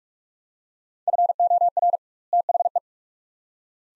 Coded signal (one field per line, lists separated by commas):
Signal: Morse code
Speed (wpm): 47 wpm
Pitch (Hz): 700 Hz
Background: none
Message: FOR THE